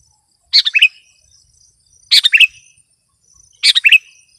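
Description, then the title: Sooty-headed bulbul singing three brief bubbly chirping phrases about every one and a half seconds, over a thin high buzz. "kutilang"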